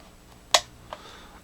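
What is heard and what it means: A Nitecore R25 flashlight is set into its charging dock and turned until it engages the prong inside the charger. A sharp click sounds at 0.6 s, followed by a fainter tick at 0.9 s. The flashlight is seated, making a good connection, and the charge LED is on.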